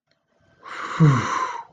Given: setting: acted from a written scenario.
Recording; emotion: vocal sound without words; awe